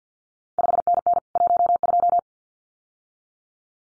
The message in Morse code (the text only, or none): 5NN 12